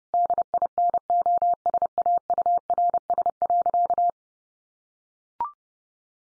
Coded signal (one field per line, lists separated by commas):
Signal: Morse code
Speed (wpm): 30 wpm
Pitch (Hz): 700 Hz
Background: none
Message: DINOSAURS.